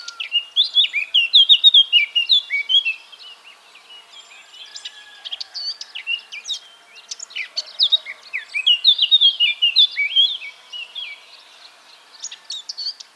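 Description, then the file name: Eurasian blackcap song: two loud bursts of rich, rapid warbling with clear fluty notes, each about three seconds, separated by quieter scratchy twittering. "Sylvia atricapilla"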